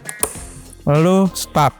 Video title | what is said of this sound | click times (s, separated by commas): REVIEW MESIN VACUUM MINI PORTABLE WAXLER WZ 280P - MENYIMPAN BUAH, SAYUR DAGING,DLL LEBIH TAHAN LAMA | lagi kita tekan sampai klik lalu | 0.1 s, 0.2 s